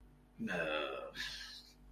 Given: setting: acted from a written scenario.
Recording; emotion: vocal sound without words; disappointment